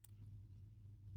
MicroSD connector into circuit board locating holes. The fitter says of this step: until you feel it click